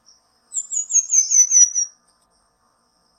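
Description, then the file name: Pin-tailed manakin, a single song phrase of roughly seven sharp, very high notes delivered quickly and drifting slightly lower toward the end. "canto do tangarazinho"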